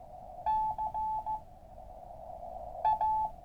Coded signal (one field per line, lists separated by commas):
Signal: Morse code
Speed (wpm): 15 wpm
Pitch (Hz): 870 Hz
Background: none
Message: C A